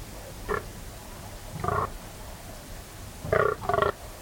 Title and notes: Sound Escape 38: the eerie and dramatic fallow deer rut on a dark Dorset night. It's 3am on an autumn night in West Dorset. A fallow buck is staking his claim, warning off rivals and guarding his does. A guttural bellow that bursts the quiet and echoes through the combes and hills. BBC Countryfile Magazine. Recorded by Kevin Parr